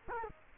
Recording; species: mosquito wingbeat signal from an infrared sensor; Culex quinquefasciatus